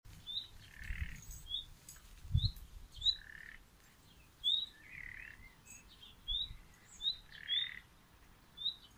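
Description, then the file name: Common nightingale giving repeated brief upslurred whistles interspersed with lower harsh notes, over a low background rumble. "Luscinia megarhynchos"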